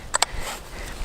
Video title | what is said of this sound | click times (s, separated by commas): How to install a fish finder on a 2017 Hobie Outback | and it locks in place, and that just mounts right onto that rail. | 0.2 s